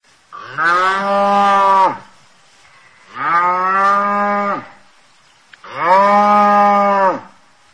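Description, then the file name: Cow mooing three times, each a steady, harmonic-rich moo of about one and a half seconds, with short pauses between. "Vaca Mugindo"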